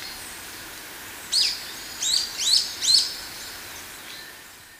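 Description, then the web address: Golden-crowned Flycatcher call: four thin, high squeaky notes in a quick run, fairly faint against a constant hiss. Recorded in Ecuador. "Birds of Ecuador. Golden-crowned Flycatcher"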